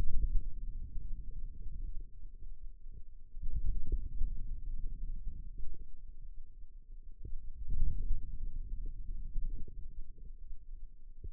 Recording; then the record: forearm muscle sounds (acoustic myography)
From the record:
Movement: wrist extension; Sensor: system 2, bracelet of six BSWA MPA416 microphones around the upper forearm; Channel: 3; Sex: male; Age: 22 years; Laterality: right